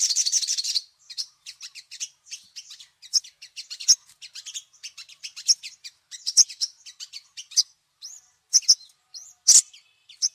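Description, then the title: Little spiderhunter song opening with a brief dense burst, then a long run of quick, high, thin chirps and ticks tumbling together almost without pause. Masteran for training songbirds; the 'Labaik' song variety. "Masteran Burung Sogok Ontong Labaik"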